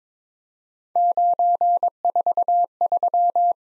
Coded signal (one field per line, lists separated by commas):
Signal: Morse code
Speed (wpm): 22 wpm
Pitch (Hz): 700 Hz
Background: none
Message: 943